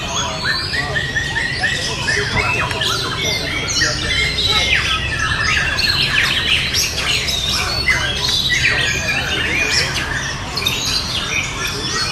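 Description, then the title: White-rumped shama song, a dense, continuous stream of varied whistles, trills and chattering notes, with a steady low hum underneath throughout. Wild bird's natural song recorded in forest. "Kicau Asli Murai Batu Hutan"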